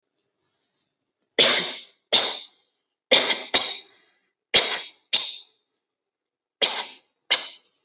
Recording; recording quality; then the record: heavy voluntary cough; excellent, no background noise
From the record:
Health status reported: exposed to COVID-19, no respiratory illness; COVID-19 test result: negative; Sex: female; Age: 29 years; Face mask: worn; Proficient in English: yes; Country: India